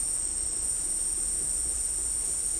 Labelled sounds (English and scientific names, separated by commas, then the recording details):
none
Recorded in dense forest near Puerto Asís, Putumayo, Colombia, on 16 December 2024 at 15:30
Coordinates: 0.499, -76.324
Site G045